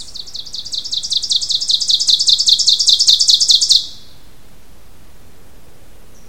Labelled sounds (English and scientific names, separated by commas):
Ovenbird (Seiurus aurocapilla) song